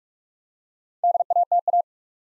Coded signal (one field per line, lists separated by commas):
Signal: Morse code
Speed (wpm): 44 wpm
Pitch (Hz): 700 Hz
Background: none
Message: DATA